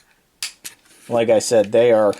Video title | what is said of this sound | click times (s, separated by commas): DX9 War in Pocket 34 Commander Dutch (Not Transformers Optimus Prime) Review | and you can hear they'll click in. | 0.4 s